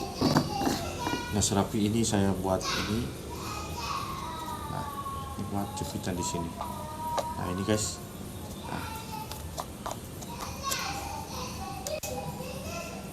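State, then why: Seated. An 18 V drill battery is fitted into a homemade wooden adapter with a clamp on a cordless drill converted from 12 V while someone talks. Two sharp clicks at 11.9 s and 12.0 s mark the battery seating in the clip holder.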